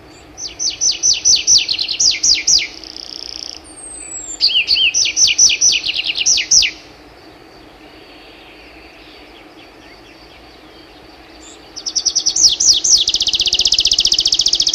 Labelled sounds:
Tree Pipit song
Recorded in the wild
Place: Schwarzseelacke, AT
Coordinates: 47.7514, 16.8978
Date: 1972-05-09
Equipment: Uher Report 4200, AKG D190C in Doppel-Parabolreflektor
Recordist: Krey, Winfried

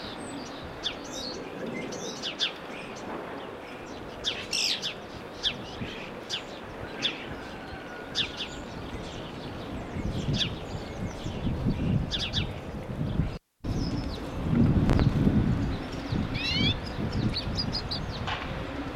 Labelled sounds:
Common Redpoll call
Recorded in the wild
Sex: male
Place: Kuchelmiß, Mecklenburg-Vorpommern, DE
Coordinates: 53.667, 12.347
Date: 1978-05-01
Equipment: Nagra III BH, Sennheiser MD 21, parabola
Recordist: Schubert, Michael

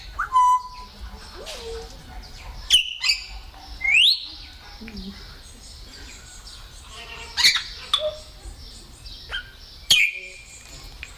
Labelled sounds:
Grey Parrot call
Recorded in captivity
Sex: group
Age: adult
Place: Tierpark Berlin, Berlin, DE
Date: 1997-06-28 18:00
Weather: 25°C, heiter
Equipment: Sony MD-WM MZ-R3, Sennheiser MKH 416 T, Kopie Uher 4000 Report Monitor
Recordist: Tembrock, Günter

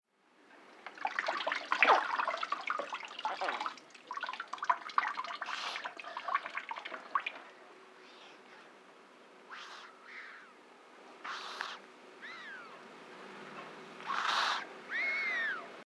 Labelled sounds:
Common Caiman
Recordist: Tembrock, Günter
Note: geräuschhaftes Atmen eines Jungtieres

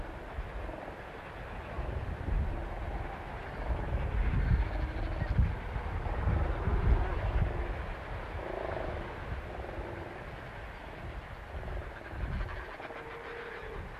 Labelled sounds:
Arctic Fox
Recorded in the wild
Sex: male
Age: adult
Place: Insel Mednyi, Kommandeur-Inseln, RU
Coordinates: 54.5167, 168.083
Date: 1999-06-28 17:08
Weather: bedeckt, kein Nebel, 8°C, fast windstill
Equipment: Sony WM-D6C, Sennheiser MKH 70, Windkorb, Kopie Tascam DA 30
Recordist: Frommolt, Karl-Heinz

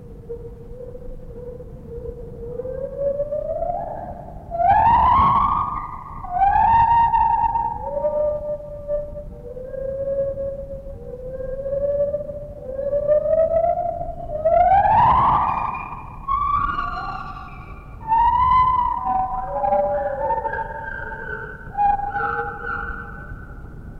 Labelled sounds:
Lar Gibbon
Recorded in captivity
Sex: pair
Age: adult
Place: Zoo Berlin, Berlin, DE
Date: 1960-10-29 12:05
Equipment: Minifon, Kopie Smaragd
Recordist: Tembrock, Günter

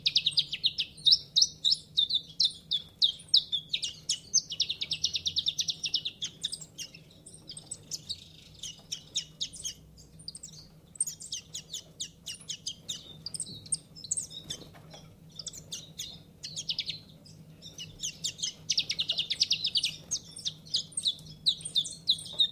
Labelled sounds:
Common Chiffchaff call
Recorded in captivity
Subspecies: collybita
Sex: diverse
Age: adult
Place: Zoologisches Institut Universität Tübingen, Baden-Württemberg, DE
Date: 1964-09-18 13:30
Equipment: Nagra III PH, Parabolspiegel, LGS26
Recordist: Schneider, Hans-Joachim

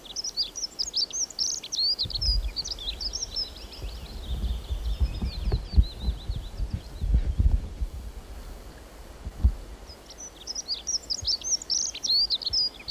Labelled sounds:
Dunnock song
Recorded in the wild
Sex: male
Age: adult
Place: Halbinsel Kindo, Karelien, RU
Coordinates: 66.5517, 33.0889
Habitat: taiga
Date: 1996-06-21
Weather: sunny, 12-15°C
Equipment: Sony WM-D6C, Sennheiser MKH 70, Popschutz
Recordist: Frommolt, Karl-Heinz

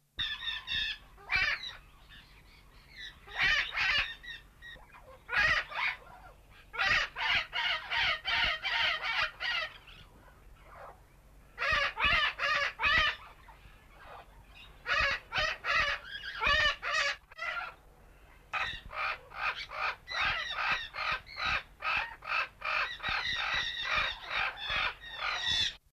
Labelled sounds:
Yellow-billed Amazon call
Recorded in captivity
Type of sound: call
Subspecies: palmarum
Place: Vogelpark Walsrode, Niedersachsen, DE
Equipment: Halbspur, 9,5 cm/s
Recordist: Lütgens, Hans
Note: Rufe

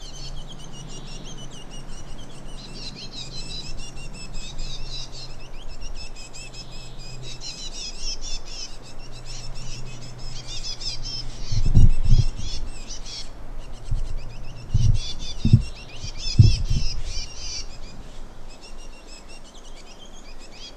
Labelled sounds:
Willow Warbler
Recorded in the wild
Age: adult
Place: Halbinsel Kindo, Karelien, RU
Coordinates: 66.5364, 33.0625
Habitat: taiga
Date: 1994-06-23 16:15
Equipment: Sony TCD-D3, Sennheiser ME 80, K 30 AV (I), Windschutz
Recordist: Frommolt, Karl-Heinz

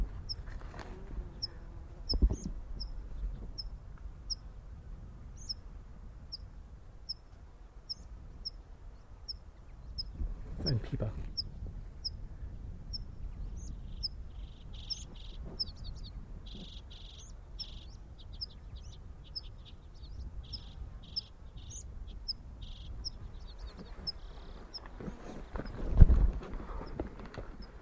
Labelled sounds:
Common Redpoll flight call
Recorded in the wild
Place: Brand, Alpen, Vorarlberg, AT
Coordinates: 47.0764, 9.68917
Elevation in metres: 1996
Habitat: treeless Alps
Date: 2010-07-20 11:06
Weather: fair, 20°C, weak winds
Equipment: Sound Devices 702, Sennheiser MKH 70, Rycote Windschutz
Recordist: Frommolt, Karl-Heinz

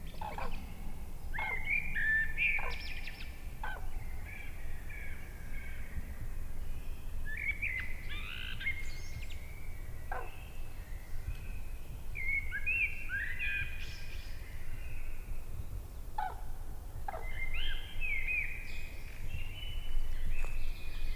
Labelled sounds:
Common Crane flight call
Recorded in the wild
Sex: group
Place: Altsorgefeld, NSG Rochauer Heide, Brandenburg, DE
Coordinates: 51.8147, 13.52
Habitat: wood
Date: 2007-03-13 18:24
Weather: heiter, 15°C, windstill
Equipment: Sound Devices 702, Sennheiser MKH 70, Windkorb
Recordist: Frommolt, Karl-Heinz
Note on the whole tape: Revier 93: Rufe eines Trupps beim Überfliegen. Tiere gesehen

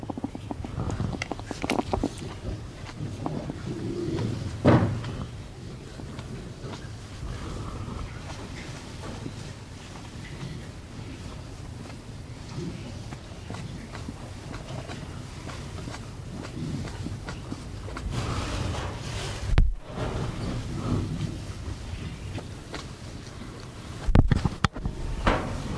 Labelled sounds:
West European Hedgehog
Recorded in captivity
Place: Tierpark Görlitz, Sachsen, DE
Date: 1988-02-24 10:51
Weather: overcast, ca. 0°C
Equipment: Nagra SN
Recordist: Tembrock, Günter

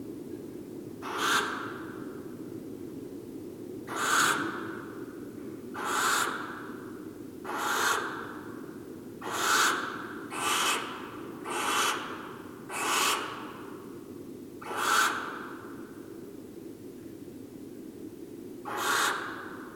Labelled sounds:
Western Barn Owl call
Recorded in the wild
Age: adult
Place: Burg Stargard, Mecklenburg-Vorpommern, DE
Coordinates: 53.441, 13.347
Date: 1981-08-31
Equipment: Nagra III BH, Sennheiser MD 21, parabola
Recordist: Schubert, Michael
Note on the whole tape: Rufe einer adulten Schleiereule ("pch-Ruf") und leiser Triller

